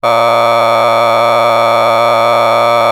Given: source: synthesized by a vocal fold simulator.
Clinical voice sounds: sustained vowel; male; a random mix of aspiration noise, stiffness perturbation and strain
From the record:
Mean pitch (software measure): 116 Hz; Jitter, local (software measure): 2.62%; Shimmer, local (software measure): 5.0%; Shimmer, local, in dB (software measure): 0.39 dB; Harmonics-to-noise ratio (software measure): 8.7 dB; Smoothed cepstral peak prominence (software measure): 16.1 dB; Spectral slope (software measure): -12.8 dB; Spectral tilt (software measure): -10.2 dB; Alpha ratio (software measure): -3.3 dB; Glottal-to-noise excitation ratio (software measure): 0.988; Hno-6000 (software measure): 1.9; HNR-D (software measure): 22.4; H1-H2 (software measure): 1.2 dB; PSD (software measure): 2.0e-04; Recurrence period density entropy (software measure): 0.125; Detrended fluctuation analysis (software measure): 0.0313

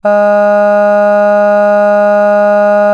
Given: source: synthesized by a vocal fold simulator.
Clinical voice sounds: sustained vowel; female; none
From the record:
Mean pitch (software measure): 206 Hz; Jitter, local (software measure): 0.17%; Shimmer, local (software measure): 1.5%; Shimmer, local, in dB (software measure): 0.13 dB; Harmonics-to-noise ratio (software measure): 31.5 dB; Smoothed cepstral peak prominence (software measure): 18.8 dB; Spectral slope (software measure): -21.9 dB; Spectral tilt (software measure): -8.6 dB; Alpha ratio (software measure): -12.4 dB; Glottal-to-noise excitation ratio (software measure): 0.974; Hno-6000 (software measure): 2.5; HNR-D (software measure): 39.6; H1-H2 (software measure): 9.5 dB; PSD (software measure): 1.3e-05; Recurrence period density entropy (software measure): 0.134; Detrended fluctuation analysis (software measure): 0.0275

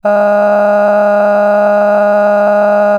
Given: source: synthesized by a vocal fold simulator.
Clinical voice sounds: sustained vowel; female; cycle-to-cycle stiffness perturbation (roughness), level 5 of 10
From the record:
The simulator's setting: 3.18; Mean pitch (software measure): 206 Hz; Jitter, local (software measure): 1.50%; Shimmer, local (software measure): 10.9%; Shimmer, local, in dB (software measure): 0.96 dB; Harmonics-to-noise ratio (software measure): 16.3 dB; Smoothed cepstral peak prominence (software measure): 16.6 dB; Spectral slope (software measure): -21.9 dB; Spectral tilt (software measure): -11.2 dB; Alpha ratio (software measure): -12.3 dB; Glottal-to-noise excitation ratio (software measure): 0.962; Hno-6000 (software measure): 2.3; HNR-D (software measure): 35.0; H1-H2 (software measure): 4.6 dB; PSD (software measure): 6.7e-05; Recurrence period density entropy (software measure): 0.118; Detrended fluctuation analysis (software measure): 0.0279

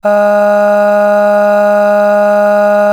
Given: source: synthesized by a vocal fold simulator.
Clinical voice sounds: sustained vowel; female; aspiration noise (breathiness), level 6 of 10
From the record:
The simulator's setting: 1.12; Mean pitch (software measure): 206 Hz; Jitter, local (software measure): 0.45%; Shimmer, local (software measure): 4.8%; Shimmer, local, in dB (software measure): 0.41 dB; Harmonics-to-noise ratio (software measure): 21.9 dB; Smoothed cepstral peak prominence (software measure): 15.1 dB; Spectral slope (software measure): -21.7 dB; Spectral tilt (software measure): -7.6 dB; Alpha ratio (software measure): -12.2 dB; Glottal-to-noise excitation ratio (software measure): 0.911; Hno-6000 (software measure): 2.1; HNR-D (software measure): 40.1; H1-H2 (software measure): 9.5 dB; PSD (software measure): 4.0e-05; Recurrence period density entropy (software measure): 0.115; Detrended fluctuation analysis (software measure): 0.0274

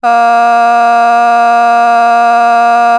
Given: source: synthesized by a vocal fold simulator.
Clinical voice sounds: sustained vowel; female; vocal strain, level 6 of 10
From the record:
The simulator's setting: 0.56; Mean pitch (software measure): 235 Hz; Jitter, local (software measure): 0.54%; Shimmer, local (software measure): 3.1%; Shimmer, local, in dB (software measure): 0.27 dB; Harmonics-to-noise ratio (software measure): 24.3 dB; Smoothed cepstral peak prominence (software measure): 20.6 dB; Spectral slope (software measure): -17.9 dB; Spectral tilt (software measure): -7.5 dB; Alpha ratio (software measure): -8.4 dB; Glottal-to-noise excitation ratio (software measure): 0.985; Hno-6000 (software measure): 1.9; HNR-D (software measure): 42.4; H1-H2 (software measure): -0.6 dB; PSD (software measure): 3.2e-05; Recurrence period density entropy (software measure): 0.116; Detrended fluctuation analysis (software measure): 0.0105

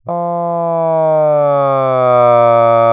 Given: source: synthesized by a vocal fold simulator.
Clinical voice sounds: sustained vowel; male; asymmetry, level 19 of 51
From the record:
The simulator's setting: 2.80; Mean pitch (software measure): 143 Hz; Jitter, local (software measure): 0.19%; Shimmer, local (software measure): 1.0%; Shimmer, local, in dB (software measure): 0.09 dB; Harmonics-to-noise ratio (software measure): 34.5 dB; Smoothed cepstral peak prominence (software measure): 24.1 dB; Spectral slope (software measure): -18.6 dB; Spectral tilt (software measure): -12.7 dB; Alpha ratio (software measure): -9.0 dB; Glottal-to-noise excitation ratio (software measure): 0.974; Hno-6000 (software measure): 3.1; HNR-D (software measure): 32.8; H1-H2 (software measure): 4.3 dB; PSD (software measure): 1.0e-03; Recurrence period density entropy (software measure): 0.109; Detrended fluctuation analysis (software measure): 0.0502

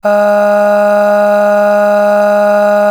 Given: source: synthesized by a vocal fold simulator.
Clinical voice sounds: sustained vowel; female; aspiration noise (breathiness), level 7 of 10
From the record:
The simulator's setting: 1.57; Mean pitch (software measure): 206 Hz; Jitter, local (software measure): 0.61%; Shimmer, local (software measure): 6.4%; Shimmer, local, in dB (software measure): 0.56 dB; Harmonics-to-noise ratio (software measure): 19.2 dB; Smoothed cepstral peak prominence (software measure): 13.7 dB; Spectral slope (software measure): -21.5 dB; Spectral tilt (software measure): -7.6 dB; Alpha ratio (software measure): -12.0 dB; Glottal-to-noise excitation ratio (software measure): 0.873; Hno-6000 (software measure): 2.0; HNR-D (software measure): 38.5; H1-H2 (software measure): 9.5 dB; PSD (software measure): 3.6e-05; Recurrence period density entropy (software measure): 0.113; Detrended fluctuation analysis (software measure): 0.0275

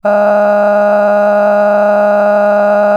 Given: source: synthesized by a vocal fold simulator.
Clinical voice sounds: sustained vowel; female; cycle-to-cycle stiffness perturbation (roughness), level 6 of 10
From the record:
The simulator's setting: 3.88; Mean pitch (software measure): 206 Hz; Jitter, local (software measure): 1.67%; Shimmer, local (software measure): 12.5%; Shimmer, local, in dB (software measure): 1.09 dB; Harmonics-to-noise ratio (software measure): 15.3 dB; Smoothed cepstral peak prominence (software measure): 16.0 dB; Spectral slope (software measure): -21.8 dB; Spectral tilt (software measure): -11.4 dB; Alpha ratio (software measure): -12.3 dB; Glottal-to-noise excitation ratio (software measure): 0.958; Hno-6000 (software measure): 2.3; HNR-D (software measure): 31.5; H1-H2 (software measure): 1.3 dB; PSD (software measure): 7.1e-05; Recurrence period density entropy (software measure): 0.119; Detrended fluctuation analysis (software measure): 0.0279

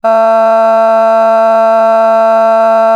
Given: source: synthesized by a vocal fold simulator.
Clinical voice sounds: sustained vowel; female; a random mix of aspiration noise, stiffness perturbation and strain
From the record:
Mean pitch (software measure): 224 Hz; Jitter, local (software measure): 0.64%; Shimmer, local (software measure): 2.3%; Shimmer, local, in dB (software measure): 0.20 dB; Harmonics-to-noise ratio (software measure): 23.7 dB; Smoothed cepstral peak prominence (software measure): 19.3 dB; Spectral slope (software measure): -20.6 dB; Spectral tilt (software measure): -9.2 dB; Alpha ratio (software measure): -11.0 dB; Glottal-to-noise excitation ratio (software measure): 0.977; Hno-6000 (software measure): 2.2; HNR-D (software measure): 38.8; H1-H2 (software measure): 2.1 dB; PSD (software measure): 2.5e-05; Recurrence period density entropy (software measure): 0.132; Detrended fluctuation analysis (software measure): 0.0122

